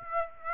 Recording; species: mosquito wingbeat signal from an infrared sensor; Aedes aegypti